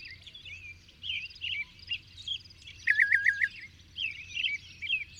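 Bird song, a chorus of soft twittering with one brief rapid trill of five notes in the middle, over low hum and background noise.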